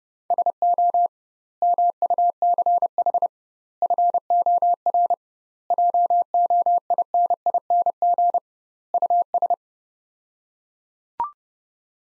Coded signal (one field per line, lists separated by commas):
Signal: Morse code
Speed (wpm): 30 wpm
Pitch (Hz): 700 Hz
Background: none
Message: SO MUCH FOR JOINING US